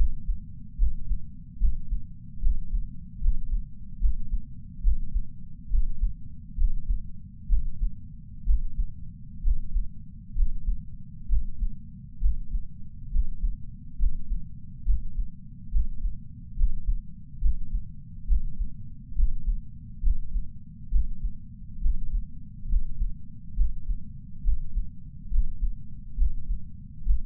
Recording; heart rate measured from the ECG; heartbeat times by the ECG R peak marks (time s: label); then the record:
heart sounds by patch sensor on the chest; 69 bpm
0.77 s: heartbeat
1.59 s: heartbeat
2.40 s: heartbeat
3.20 s: heartbeat
3.99 s: heartbeat
4.82 s: heartbeat
5.69 s: heartbeat
6.56 s: heartbeat
7.47 s: heartbeat
8.44 s: heartbeat
9.41 s: heartbeat
10.34 s: heartbeat
11.27 s: heartbeat
12.19 s: heartbeat
13.10 s: heartbeat
13.97 s: heartbeat
14.84 s: heartbeat
15.70 s: heartbeat
16.55 s: heartbeat
17.40 s: heartbeat
18.26 s: heartbeat
19.14 s: heartbeat
20.01 s: heartbeat
20.90 s: heartbeat
21.80 s: heartbeat
22.67 s: heartbeat
23.55 s: heartbeat
24.42 s: heartbeat
25.29 s: heartbeat
26.16 s: heartbeat
27.04 s: heartbeat
From the record:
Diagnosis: coronary artery disease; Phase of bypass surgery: preoperative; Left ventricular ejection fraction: 62.4%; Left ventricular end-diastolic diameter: 53 mm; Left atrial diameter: 33 mm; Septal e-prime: 9.2 cm/s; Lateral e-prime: 11.3 cm/s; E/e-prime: 6.9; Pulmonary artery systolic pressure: 26 mmHg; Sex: male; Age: 35 years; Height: 178 cm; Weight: 58 kg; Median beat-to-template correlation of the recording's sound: 0.86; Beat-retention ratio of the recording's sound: 0.99